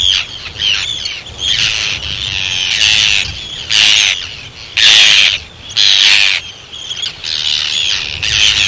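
Arctic tern calls, loud grating screeches in bursts roughly once a second, with more birds calling harshly behind them.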